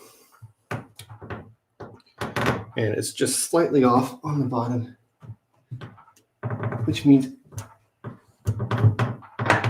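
Someone talks while handling a model railroad layout's hinged swing gate, a thin track section across the door, which sits slightly off at the bottom as it is pushed toward closed against the layout frame. Short knocks and thunks are heard between the speech. Nothing has locked into place yet.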